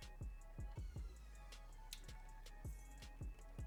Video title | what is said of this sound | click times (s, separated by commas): How to BUILD Your Dream PC in 2026 FAST and EASY inside the Corsair 3000D | So that clicked right into there. | 1.9 s